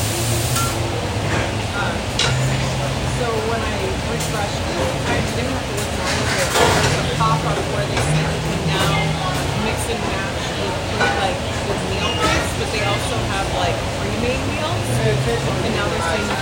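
Sunday breakfast restaurant sounds in Phoenix, Arizona: a dense, steady wash of overlapping voices and kitchen bustle fills all sixteen seconds. Frequent short clinks and clatters of dishes and utensils pop out throughout, with a sharper cluster around six to seven seconds and a low hum underneath.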